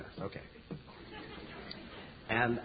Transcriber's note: laughter